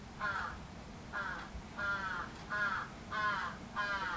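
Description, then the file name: Crow giving six harsh, nasal caws in about four seconds, each a short burst with a small gap between, over low rumbling background noise. Recorded 11 July 2011. "karasu 110711 0823"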